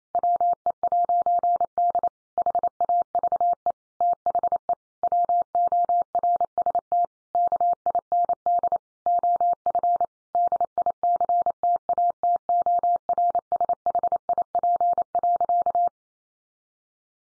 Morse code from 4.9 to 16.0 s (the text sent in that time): WORST KIND OF DICTATORSHIP.